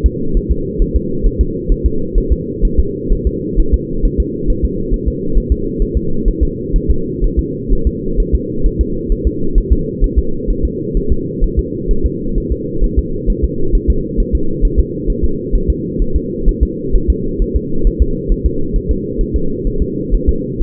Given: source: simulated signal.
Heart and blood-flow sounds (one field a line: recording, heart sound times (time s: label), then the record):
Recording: fetal heart sounds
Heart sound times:
0.06 s: S2
0.37 s: S1
0.52 s: S2
0.82 s: S1
0.97 s: S2
1.27 s: S1
1.41 s: S2
1.72 s: S1
1.86 s: S2
2.18 s: S1
2.33 s: S2
2.65 s: S1
2.80 s: S2
3.12 s: S1
3.27 s: S2
3.59 s: S1
3.74 s: S2
4.05 s: S1
4.20 s: S2
4.50 s: S1
4.65 s: S2
4.94 s: S1
5.08 s: S2
5.38 s: S1
5.52 s: S2
5.82 s: S1
5.97 s: S2
6.28 s: S1
6.43 s: S2
6.76 s: S1
6.91 s: S2
7.24 s: S1
7.39 s: S2
7.73 s: S1
7.87 s: S2
8.20 s: S1
8.35 s: S2
8.66 s: S1
8.81 s: S2
9.12 s: S1
9.27 s: S2
9.58 s: S1
9.73 s: S2
10.04 s: S1
10.19 s: S2
10.50 s: S1
10.65 s: S2
10.97 s: S1
11.12 s: S2
11.44 s: S1
11.59 s: S2
11.91 s: S1
12.06 s: S2
12.38 s: S1
12.52 s: S2
12.84 s: S1
12.99 s: S2
13.30 s: S1
13.45 s: S2
13.75 s: S1
13.90 s: S2
14.20 s: S1
14.35 s: S2
14.65 s: S1
14.80 s: S2
15.10 s: S1
15.25 s: S2
15.55 s: S1
15.70 s: S2
16.02 s: S1
16.16 s: S2
16.49 s: S1
16.63 s: S2
16.95 s: S1
17.10 s: S2
17.42 s: S1
17.56 s: S2
17.87 s: S1
18.02 s: S2
18.32 s: S1
18.46 s: S2
18.76 s: S1
18.91 s: S2
19.21 s: S1
19.36 s: S2
19.67 s: S1
19.82 s: S2
20.14 s: S1
20.29 s: S2
20.63 s: S1
From the record:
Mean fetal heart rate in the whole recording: 130 bpm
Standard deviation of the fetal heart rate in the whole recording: 4 bpm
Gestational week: 38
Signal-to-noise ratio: -8.1 dB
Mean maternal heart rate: 72 bpm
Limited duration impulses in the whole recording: absent